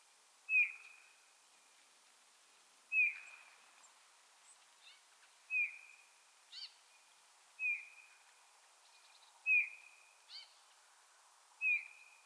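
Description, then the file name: Eurasian bullfinch repeating soft, downslurred piping whistles roughly every two seconds, with brief fainter notes between them. "Pyrrhula pyrrhula"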